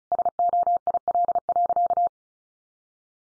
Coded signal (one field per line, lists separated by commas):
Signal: Morse code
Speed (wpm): 34 wpm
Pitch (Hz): 700 Hz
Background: none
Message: SOIL.